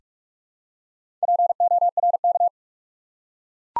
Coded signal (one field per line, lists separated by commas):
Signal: Morse code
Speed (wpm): 44 wpm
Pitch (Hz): 700 Hz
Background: none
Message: PORK